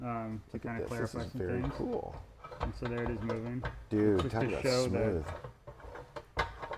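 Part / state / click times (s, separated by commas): shift rod bushing onto the shift rod and its mount / not seated / none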